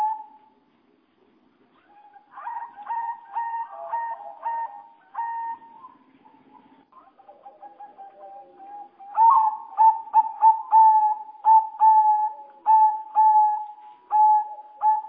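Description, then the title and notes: Bird song: a first burst of pulsed notes, a quieter stretch, then a loud, regular series of strong notes. "Bird Sound. Kicau Burung Lengkap"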